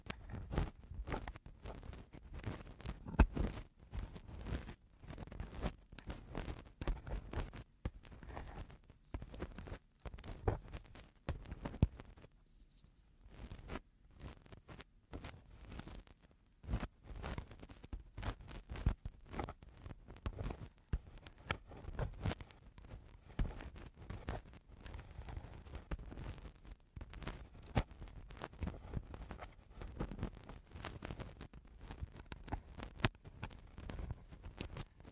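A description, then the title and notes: Ear cleaning made of dense, rapid crackling and scratching, with sharp clicks and rubbing bursts piling up almost without pause. The sound is heavy and thumping underneath, with a brief lull around twelve seconds before the busy scraping resumes and continues steadily to the end. Eardrum Cleaning (No Talking).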